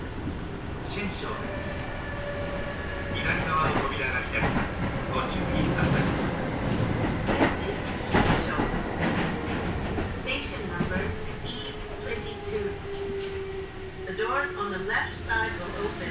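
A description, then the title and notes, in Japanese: A Kintetsu Nagoya Line local train rumbles steadily, with a motor whine, clattering rail joints, brief squeals and occasional voices throughout. 近鉄名古屋線各駅停車 川越富洲原→塩浜。車内はほぼガラガラです。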